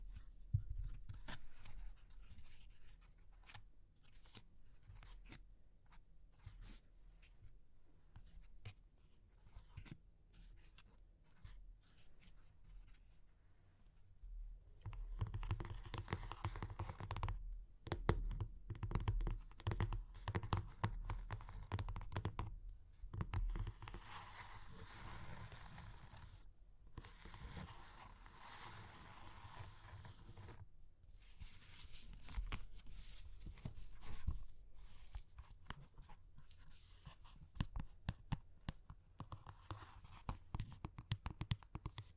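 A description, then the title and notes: Dry clay crackles and crunches close up, a dense run of sharp little snaps and crumbling grit. The first stretch is sparser and quieter; from about fifteen seconds the crunching grows thicker and louder, with brief pauses near 18, 23, 26 and 31 seconds, in a small quiet room. Super Crunchy Clay Cracking (No Talking).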